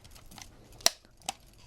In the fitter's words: oh I heard something click here